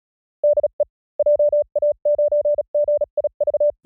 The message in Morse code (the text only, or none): DE JA9GIV